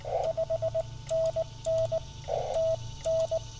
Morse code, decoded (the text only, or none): 5NN TN